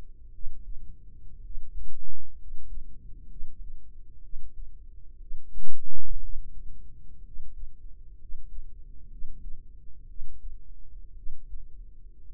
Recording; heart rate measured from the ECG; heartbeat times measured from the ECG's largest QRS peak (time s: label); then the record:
heart sounds by microphone in the right ear; 60 bpm
0.29 s: heartbeat
1.39 s: heartbeat
2.34 s: heartbeat
3.26 s: heartbeat
4.19 s: heartbeat
5.16 s: heartbeat
6.18 s: heartbeat
7.20 s: heartbeat
8.15 s: heartbeat
9.07 s: heartbeat
10.05 s: heartbeat
11.12 s: heartbeat
12.23 s: heartbeat
From the record:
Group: healthy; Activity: cold pressor test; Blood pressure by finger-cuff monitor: 106/60 mmHg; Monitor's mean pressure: 73 mmHg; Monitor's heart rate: 62 bpm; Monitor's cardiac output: 5.2 L/min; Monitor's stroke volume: 85 mL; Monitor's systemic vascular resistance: 1010 dyn s/cm5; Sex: male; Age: 25 years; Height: 170 cm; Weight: 70.4 kg